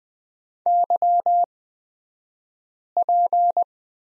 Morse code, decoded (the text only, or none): YP